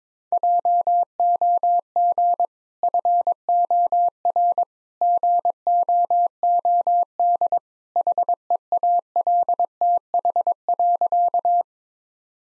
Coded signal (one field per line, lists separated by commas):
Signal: Morse code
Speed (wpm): 22 wpm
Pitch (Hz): 700 Hz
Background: none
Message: JOG FOR GOOD HEALTH.